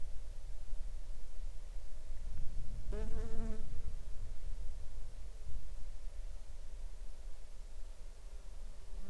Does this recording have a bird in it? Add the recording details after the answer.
no. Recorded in the Arctic National Wildlife Refuge, Alaska, on 5 July 2021 at 00:18. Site 39